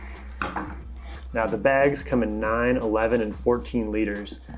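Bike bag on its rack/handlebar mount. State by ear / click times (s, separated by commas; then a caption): released / 0.4 s. A bike bag is released from its plastic rack/handlebar mount by pulling the release tab and rotating the bag to unlock it, then separating the two. A single sharp hit sounds at 0.4 s, and someone talks throughout. The bag comes right apart, released from the mount.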